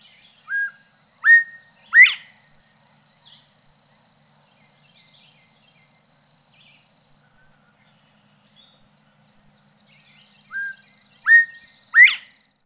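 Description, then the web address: Northern bobwhite call: a three-note whistled phrase ending in a sharp upward sweep, given twice about ten seconds apart. "Peterson North American Birds. nobo"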